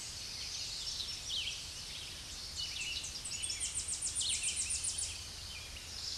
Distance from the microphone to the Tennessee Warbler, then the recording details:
about 30 m. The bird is about 15 m above the microphone. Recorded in a Pennsylvania forest on 16 May 2024 at 07:41. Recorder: AudioMoth, point MSD-2110. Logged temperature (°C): 16.4 °C. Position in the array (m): 40 m, 200 m